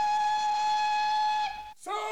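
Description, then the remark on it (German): At a railway station in Panama, a steam locomotive's whistle blows one long, steady, shrill tone for about a second and a half, then breaks off and briefly returns as a rising hiss and squeal. “Auf einer Eisenbahnstation in Panama.”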